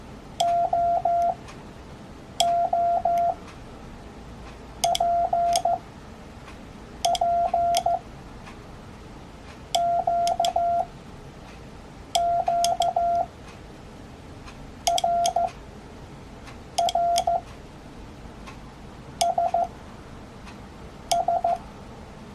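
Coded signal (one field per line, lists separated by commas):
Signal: Morse code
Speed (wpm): 14 wpm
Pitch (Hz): 690 Hz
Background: none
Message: O O P P Q Q R R S S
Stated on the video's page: Morse code practice sounds shown alongside their corresponding English letters in real time.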